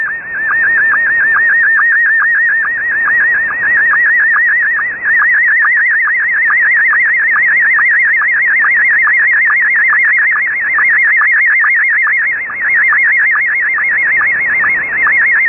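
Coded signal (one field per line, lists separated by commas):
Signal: SSTV (slow-scan television)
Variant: Scottie 1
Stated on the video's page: SSTV pictures sent at the end of a pirate radio transmission on 6935 kHz USB shortwave.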